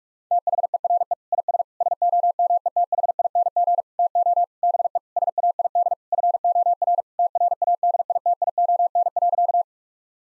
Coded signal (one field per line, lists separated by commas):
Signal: Morse code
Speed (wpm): 46 wpm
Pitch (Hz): 700 Hz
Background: none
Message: THERE IS SOMETHING TO BE SAID FOR TRADITION.